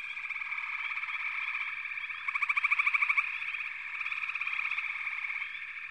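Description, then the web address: Frog chorus with a continuous trilling hum; near the middle one caller stands out with a loud, rapidly pulsed rattle lasting about a second before the background resumes. "Nature Songs Nature Sounds Sounds of Nature Collection 54 Froggies"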